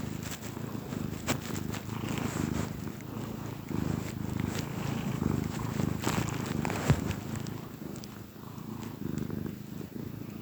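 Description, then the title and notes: Cat purring, a steady low rumble with uneven swells and scattered faint clicks throughout. Gentle purrs of a contented cat. "Cat Cafe Purr-Finale. the gentle purrs of a contented cat"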